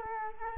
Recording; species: mosquito wingbeat signal from an infrared sensor; Culex quinquefasciatus